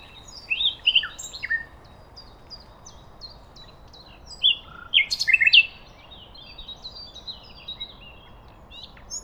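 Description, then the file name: Common nightingale song: short bursts of varied chirping notes and a loud clustered phrase near the middle, with faint repeated high notes and steady hiss. "Luscinia megarhynchos"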